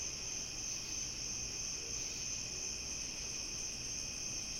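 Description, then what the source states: Continuous cricket chorus, bright high-pitched trilling holding steady in level, with a faint low background hum. Summer night; binaural.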